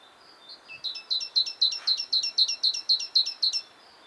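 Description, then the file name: Great tit calling: a rapid run of about a dozen bright, sharp two-part notes, roughly four each second, rising in strength then stopping abruptly. "Parus major"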